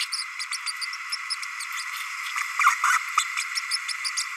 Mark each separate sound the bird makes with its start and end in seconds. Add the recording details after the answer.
0.12-0.24, 0.66-0.72, 1.12-1.16, 1.30-1.35, 2.59-2.75, 2.83-2.98, 3.17-3.24, 3.55-3.60, 3.71-3.77, 4.04-4.10, 4.17-4.23. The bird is a male. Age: 30 days. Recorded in a nest box in Venezuela. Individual 17B32A6